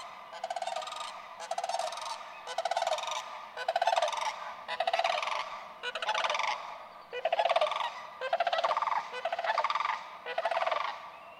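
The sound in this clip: Sandhill crane rattling bugles, loud rolling trilled calls repeated about once a second.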